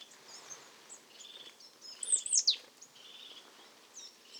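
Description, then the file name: Marsh tit call: a sharp, high note sweeping steeply downward, with faint buzzy notes and other thin high chirps around it. "Poecile palustris"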